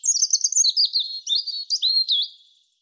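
European robin song: a rapid, tumbling phrase of high thin whistles and trills, wavering and sliding downward over about two and a half seconds, no other sounds.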